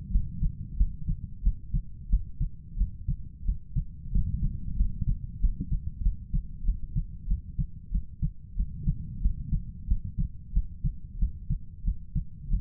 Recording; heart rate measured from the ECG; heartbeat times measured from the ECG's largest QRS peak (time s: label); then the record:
heart sounds by stethoscope; 92 bpm
0.11 s: heartbeat
0.77 s: heartbeat
1.43 s: heartbeat
2.09 s: heartbeat
2.77 s: heartbeat
3.45 s: heartbeat
4.12 s: heartbeat
4.76 s: heartbeat
5.40 s: heartbeat
6.02 s: heartbeat
6.65 s: heartbeat
7.28 s: heartbeat
7.91 s: heartbeat
8.56 s: heartbeat
9.21 s: heartbeat
9.87 s: heartbeat
10.53 s: heartbeat
11.19 s: heartbeat
11.84 s: heartbeat
12.50 s: heartbeat
From the record:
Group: healthy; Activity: cold pressor test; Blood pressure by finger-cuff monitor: 131/81 mmHg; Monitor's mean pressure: 93 mmHg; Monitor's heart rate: 92 bpm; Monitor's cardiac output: 7.7 L/min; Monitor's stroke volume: 83 mL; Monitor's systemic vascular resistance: 880 dyn s/cm5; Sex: male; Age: 23 years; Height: 179 cm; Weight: 87 kg